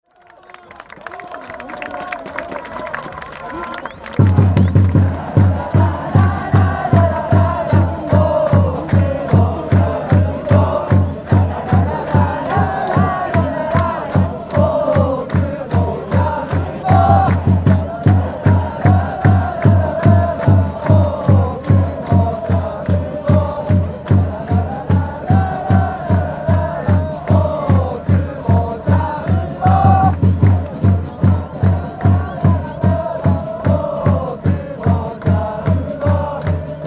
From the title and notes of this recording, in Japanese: チャント。J2第22節ヴァンフォーレ甲府vsアビスパ福岡。小瀬スポーツ公園陸上競技場アウェイ自由席コアゾーンの左斜め後ろ。ローランドR-09。AGC：OFF、EXT MIC TYPE：STEREO、LOW CUT：ON、MIC GAIN：LOW。この音源はアビスパ版です。